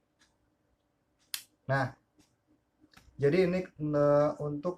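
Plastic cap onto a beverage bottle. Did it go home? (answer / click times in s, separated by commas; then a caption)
yes / 1.3 s. A plastic cap is closed onto a plastic bottle of iced milk coffee, and a sharp click at 1.3 seconds shows it has seated shut. Someone talks after the click.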